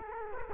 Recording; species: mosquito wingbeat signal from an infrared sensor; Culex quinquefasciatus